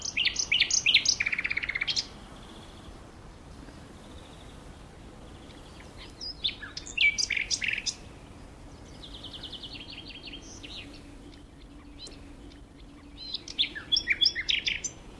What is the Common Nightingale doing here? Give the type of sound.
song